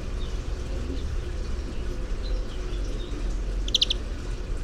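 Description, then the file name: European greenfinch call: one quick burst of three or four short chirping notes near the end, over a steady low rumble of traffic noise. "Chloris chloris"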